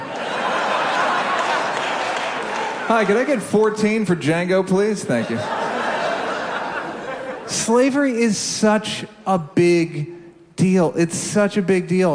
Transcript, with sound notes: Hi. Could I get 14 for "Django," please? Thank you. (LAUGHTER) Slavery is such a big deal. It's such a big deal.